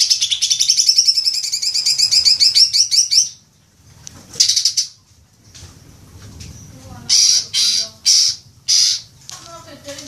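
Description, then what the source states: Leafbird song: a long rapid trill, a short burst, then four clipped loud chirps spaced about half a second apart. Indonesian name cucak ijo; bird described as gacor, singing actively and vigorously.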